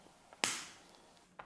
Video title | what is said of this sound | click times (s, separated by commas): Honda Rear Brake Caliper Rebuild // Everything You Need To Know [4K] | then you want this sort of basket shape thing put on there afterwards and if you squeeze on it you'll get a little click | 0.4 s